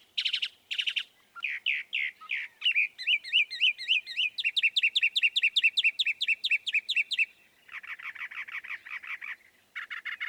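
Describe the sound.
Northern mockingbird song moving through varied repeated phrases: harsh doubled notes, slurred whistles, a long fast chattering series, then raspy buzzy bursts.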